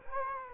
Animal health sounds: mosquito wingbeat signal from an infrared sensor; Culex quinquefasciatus

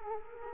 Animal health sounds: mosquito wingbeat signal from an infrared sensor; Culex quinquefasciatus

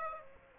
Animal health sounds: mosquito wingbeat signal from an infrared sensor; Aedes aegypti

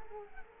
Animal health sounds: mosquito wingbeat signal from an infrared sensor; Culex quinquefasciatus

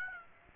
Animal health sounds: mosquito wingbeat signal from an infrared sensor; Aedes aegypti

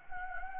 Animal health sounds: mosquito wingbeat signal from an infrared sensor; Anopheles gambiae

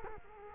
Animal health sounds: mosquito wingbeat signal from an infrared sensor; Culex quinquefasciatus

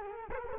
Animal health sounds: mosquito wingbeat signal from an infrared sensor; Culex quinquefasciatus

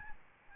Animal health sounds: mosquito wingbeat signal from an infrared sensor; Aedes albopictus

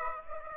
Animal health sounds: mosquito wingbeat signal from an infrared sensor; Aedes aegypti

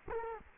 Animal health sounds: mosquito wingbeat signal from an infrared sensor; Culex quinquefasciatus

